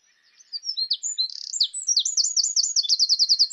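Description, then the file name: Eurasian wren song: an energetic high phrase of sharp notes and a brief buzz, running into a rapid, rhythmic rattle of repeated notes. "Troglodytes troglodytes"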